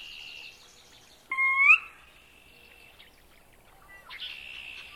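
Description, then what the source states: Sora call: a single rising, slurred whistled note near the middle, between softer high bird notes before and after. Used for marsh bird monitoring survey training.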